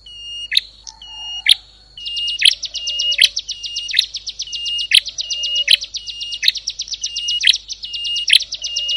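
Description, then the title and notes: Prinia song, a rapid, high, pulsing trill running almost continuously, punctuated by frequent sharp chip notes. Compilation of ciblek and prenjak birdsong intended for masteran, tutoring captive songbirds. "Kompilasi Suara Ciblek Prenjak Cocok Untuk Masteran. Kicau Burung Prenjak Ciblek"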